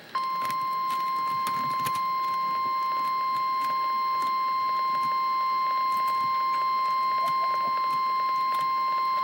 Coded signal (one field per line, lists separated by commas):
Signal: Emergency Alert System (SAME) tones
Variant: 1050 Hz attention tone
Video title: REAL EAS 930-Special marine warning